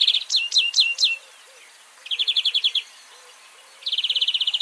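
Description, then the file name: European greenfinch calling: a few quick falling chirps, then fast buzzy trills of rapid identical notes, each burst under a second long. "Chloris chloris"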